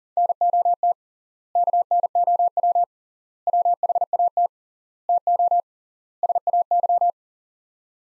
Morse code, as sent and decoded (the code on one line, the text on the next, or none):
-. --- - / -.- -. --- .-- / .-- .... .- - / - --- / ... .- -.--
NOT KNOW WHAT TO SAY